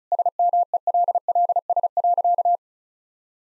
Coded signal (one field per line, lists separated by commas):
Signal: Morse code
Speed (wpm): 36 wpm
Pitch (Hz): 700 Hz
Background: none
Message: SMELLS.